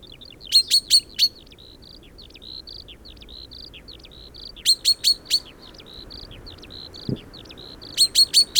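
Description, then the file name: Common chaffinch calls: bursts of four sharp, bright notes repeated every few seconds, with softer thin chirps and slurred notes in between against low background hiss. "Fringilla coelebs"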